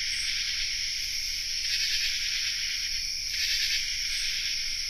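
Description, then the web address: Dense common true katydid chorus, shrill raspy pulses overlapping continuously, swelling in brief louder patches. Chorus; North America. "Songs of Insects. Common True Katydid chorus"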